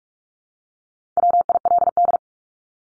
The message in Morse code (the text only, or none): WILD